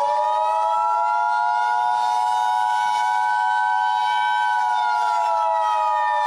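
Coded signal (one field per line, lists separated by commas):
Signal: Emergency Alert System (SAME) tones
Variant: 853 and 960 Hz attention tone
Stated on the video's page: Fictional hurricane EAS scenario with valid EAS tones.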